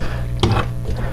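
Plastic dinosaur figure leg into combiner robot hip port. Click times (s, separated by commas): 0.4 s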